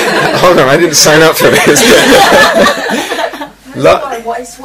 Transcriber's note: laughter